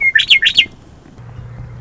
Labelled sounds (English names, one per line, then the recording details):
Western Meadowlark
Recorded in Sonoma County, California